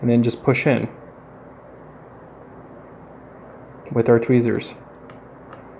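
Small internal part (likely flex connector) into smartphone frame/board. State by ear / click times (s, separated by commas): seated / 5.1 s, 5.5 s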